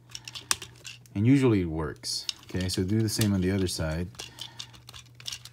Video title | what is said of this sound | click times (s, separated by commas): Transformers Earthrise Doubledealer Chefatron Review | and then this one you just have to shove it in until it clicks | 0.5 s